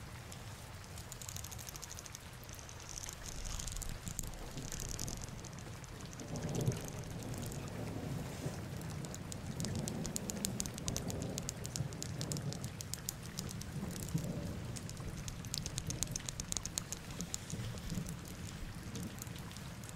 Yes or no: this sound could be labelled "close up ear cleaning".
no